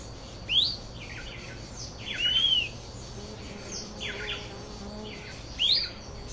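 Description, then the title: Fuscous flycatcher song: three sharp notes, two steeply rising whistles and an arched one between them, over faint chirps and steady hiss. Subspecies Cnemotriccus fuscatus fuscatior. "LuckyPassaro Completos2Sama. Fuscous Flycatcher (Cnemotriccus fuscatus fuscatior)"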